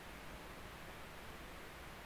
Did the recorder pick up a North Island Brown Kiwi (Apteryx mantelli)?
no